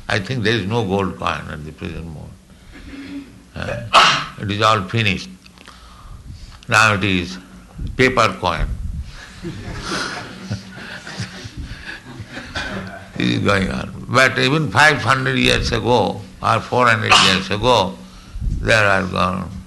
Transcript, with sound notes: I think there is no gold coin at the present moment. It is all finished. Now it is paper coins. [chuckles] This is going on. But even five hundred years ago or four hundred years ago there were gol...